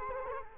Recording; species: mosquito wingbeat signal from an infrared sensor; Culex quinquefasciatus